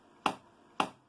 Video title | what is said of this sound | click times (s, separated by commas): LG Washer Dryer Combo - How to Use MEGA Guide! | And there's another point, you hear the locking mechanism, there's that familiar double click sound, means it's locking. | 0.3 s, 0.8 s